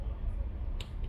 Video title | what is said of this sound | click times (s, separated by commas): Realme c21y screen replacement and disassembly using original display | Yes, now it sounded like a click. | 0.8 s